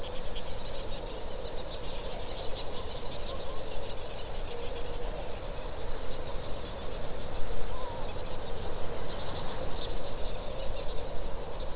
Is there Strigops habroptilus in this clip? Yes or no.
no